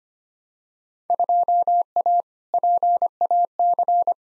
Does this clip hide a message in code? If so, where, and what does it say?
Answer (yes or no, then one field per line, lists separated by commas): yes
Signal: Morse code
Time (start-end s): 1.1-4.1 s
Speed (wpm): 25 wpm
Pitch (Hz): 700 Hz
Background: none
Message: 2A PAC